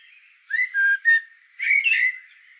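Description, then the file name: Eurasian blackbird song: fluted whistled notes in a short phrase, then a warbled, twittering ending that rises and falls. "solsort volker arnold"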